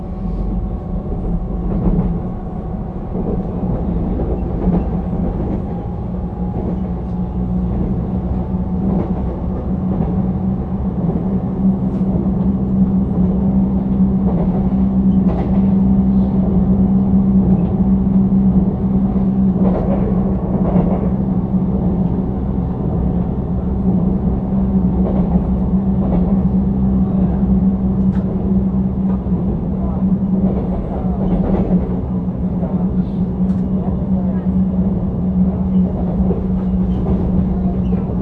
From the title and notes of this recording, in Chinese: 深夜十點桃園北上區間車。